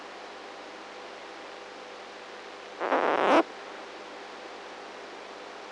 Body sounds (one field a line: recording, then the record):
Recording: brain microelectrode recording played as sound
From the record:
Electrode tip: inside the subthalamic nucleus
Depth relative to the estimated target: -2 mm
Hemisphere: right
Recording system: NeuroSet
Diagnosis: Parkinson's disease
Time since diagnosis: 19 years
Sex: female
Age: 58 years